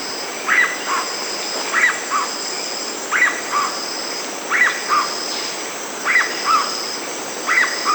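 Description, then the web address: Black-bellied cuckoo giving paired notes, a sharp higher note followed by a lower one, repeated at regular intervals against continuous insect buzzing. Recorded in South America. "Natures Songs S America Black-bellied Cuckoo"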